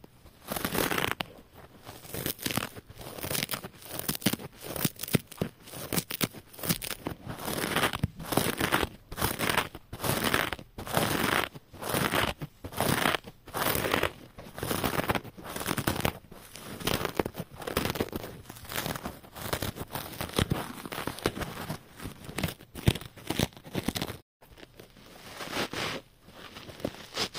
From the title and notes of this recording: SCRUB SPONGES ASMR. ASMR including sounds of rubbing and scratching scrub sponges.